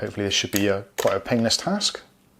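A UK 3-pin plug head is being slid onto a plastic power adapter body while someone talks throughout. A faint sudden sound comes at the very end, around 2.4 s, but the plug head has not yet snapped or locked into place.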